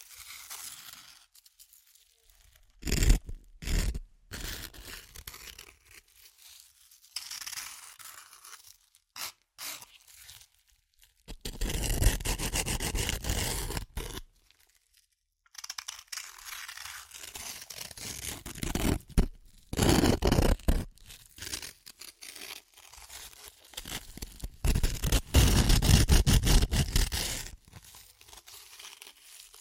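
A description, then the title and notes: Dry crunching and crushing of chips comes in irregular bursts, with louder stretches near 12, 20 and 26 seconds and brief quiet gaps. ASMR Satisfying Chips Crunchy Crushing & Eating Sounds (No Talking).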